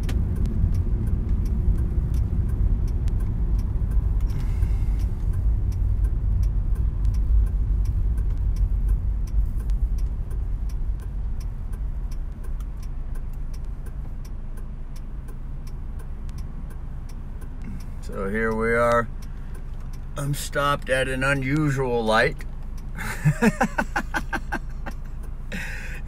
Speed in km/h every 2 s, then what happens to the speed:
20, 16, 14, 11, 7, 6, 5, 5, 5, 5, 5, 5, 5.
0-8 slows to 7. 8-26 steady at about 5.